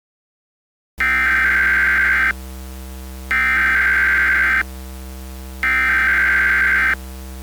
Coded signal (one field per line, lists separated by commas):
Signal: Emergency Alert System (SAME) tones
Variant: header bursts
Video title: Minneapolis Massacre (SB LII EAS Scenario)